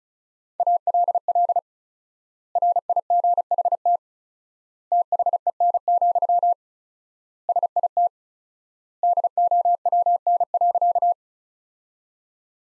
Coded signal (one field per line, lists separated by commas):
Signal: Morse code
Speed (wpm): 36 wpm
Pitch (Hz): 700 Hz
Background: none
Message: ALL RIGHT THEN, SIT DOWN.